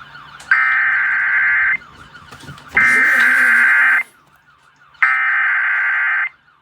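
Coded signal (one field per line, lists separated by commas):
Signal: Emergency Alert System (SAME) tones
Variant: header bursts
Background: speech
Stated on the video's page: Valid EAS tones from Evansville-area FM broadcast stations during severe weather, recorded on an iPad and on Windows 10.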